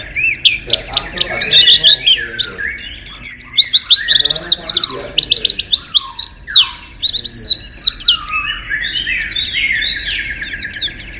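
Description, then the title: White-eye song: an energetic, continuous stream of high twittering, rapid chirps and quick rising and falling slurs, varied and hardly pausing throughout. "Pleci. Kudus"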